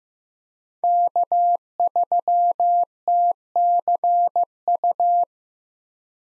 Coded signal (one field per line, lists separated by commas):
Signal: Morse code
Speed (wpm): 15 wpm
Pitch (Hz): 700 Hz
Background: none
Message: K3TCU